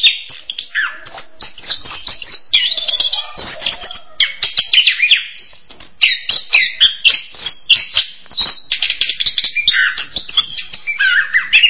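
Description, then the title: Bird song of continuous lively chirping and twittering, with whistled slurs and rapid trilled phrases packed closely together. "kikicau"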